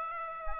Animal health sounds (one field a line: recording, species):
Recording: mosquito wingbeat signal from an infrared sensor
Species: Aedes aegypti